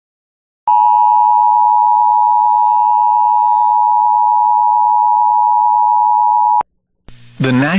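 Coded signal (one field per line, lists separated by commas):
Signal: Emergency Alert System (SAME) tones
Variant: 853 and 960 Hz attention tone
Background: speech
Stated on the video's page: EAS alert tones for a severe thunderstorm warning, captured from an FM radio station.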